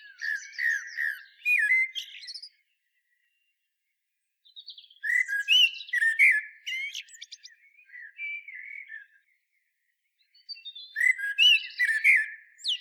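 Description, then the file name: Common blackbird song: three fluty, warbling phrases with high, squeaky twitters, separated by pauses. "Turdus merula"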